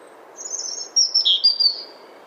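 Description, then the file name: European robin giving one brief phrase of very high, thin, sliding whistles that rise and fall quickly, against a soft low hiss. "Erithacus rubecula"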